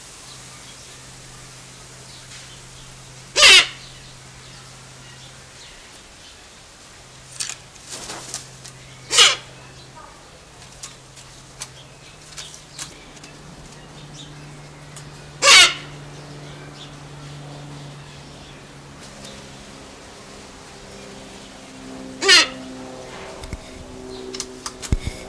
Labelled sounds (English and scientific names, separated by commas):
Silvery-cheeked Hornbill (Bycanistes brevis) call